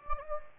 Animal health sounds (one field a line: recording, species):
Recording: mosquito wingbeat signal from an infrared sensor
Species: Anopheles gambiae